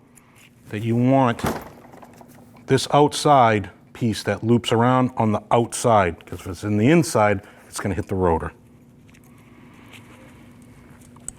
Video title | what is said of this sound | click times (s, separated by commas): How to Replace Front Brakes 2014-2023 Jeep Cherokee | And they should just snap right in. | 11.3 s